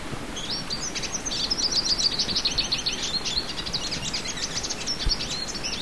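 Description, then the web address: Olivaceous siskin song, a long rapid twittering run of high chirps and trills, steady and jumbled, over a soft background hiss. South America. "Natures Songs S America Olivaceous Siskin"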